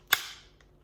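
A cleared pistol is pushed into a well-worn kydex inside-the-waistband holster, and its retention snaps over the trigger guard with one sharp, bright click at 0.1 s that rings out briefly. A much fainter tick follows at about 0.6 s. The pistol is seated in the holster.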